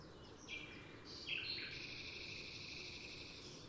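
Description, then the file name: Eurasian wren: a few faint, high, scratchy notes over steady background hiss. "Troglodytes troglodytes"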